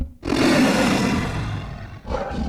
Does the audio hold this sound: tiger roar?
yes